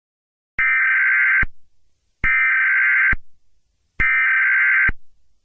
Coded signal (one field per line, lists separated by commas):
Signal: Emergency Alert System (SAME) tones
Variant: header bursts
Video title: Eas scenario 8: Fortnite Ranks